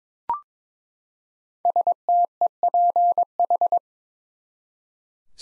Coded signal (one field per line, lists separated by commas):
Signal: Morse code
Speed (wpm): 22 wpm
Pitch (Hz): 700 Hz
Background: none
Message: STEPH